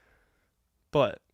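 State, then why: Not seated. Small plastic glasses are handled at an action figure's head, which has a little snap hole for them. Faint, low handling noise fills the first quarter second, and then someone talks briefly at about 0.9–1.2 s. Nothing has seated or clicked yet.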